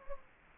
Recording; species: mosquito wingbeat signal from an infrared sensor; Anopheles gambiae